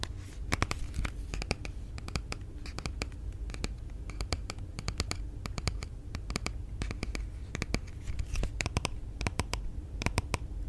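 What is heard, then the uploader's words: Crisp tapping with a scratchy edge, one fingertip strike after another at an uneven but busy pace, sometimes in quick pairs. Each tap is short and bright against a soft, low hum. 2 hours of asmr triggers [asmr tapping, asmr for sleep]. Blue yeti microphone.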